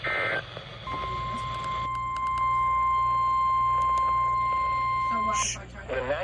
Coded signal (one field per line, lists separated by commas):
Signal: Emergency Alert System (SAME) tones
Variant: 1050 Hz attention tone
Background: speech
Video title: Spotty September || EAS Alerts from Mid September 2022 || EAS 402-406